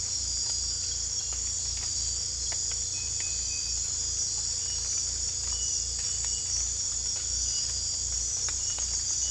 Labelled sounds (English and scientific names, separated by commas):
none